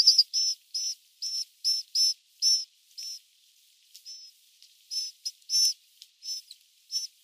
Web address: Schulze Peter Sinai Rosefinch calls